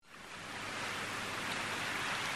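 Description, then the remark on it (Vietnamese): Steady afternoon rain drips and patters from a leaf roof and from tree leaves, a dense, even hiss of countless drops with no pauses, growing slightly louder at the start and then holding constant. “2 tháng 6 năm 68, chiều mưa, những giọt mưa rã rích rơi từ trên mái lá, từ những lá cây tạo thành một âm thanh đều đều, buồn đến lạ lùng.”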